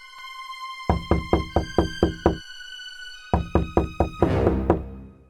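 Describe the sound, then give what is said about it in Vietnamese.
A wolf knocks on the door of a straw house: a steady run of about seven firm raps, a short pause, then a second quicker burst of knocks ending in a rattling flurry, over a faint steady hum. “Chó sói gõ vào cửa.”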